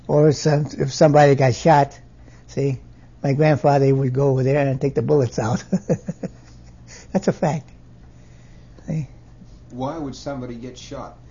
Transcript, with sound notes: Or if somebody got shot, see, my grandfather would go over there and take the bullets out. ( he laughs ) That's a fact, see.
Why would somebody get shot?